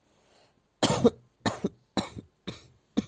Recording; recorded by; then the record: voluntary cough; messaging app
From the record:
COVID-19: negative